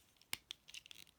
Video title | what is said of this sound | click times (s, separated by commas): Transformers Buzzworthy Bumblebee Worlds Collide 4 Pack Review | and then that clicks into place there. | 0.3 s